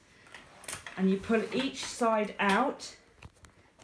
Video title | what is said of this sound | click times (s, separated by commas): How To Easily Put Up/down Travel Cot - Baby Bed 👶🤔 | you pull up so that that clicks in position and then there are two clicks in there | 0.7 s, 0.9 s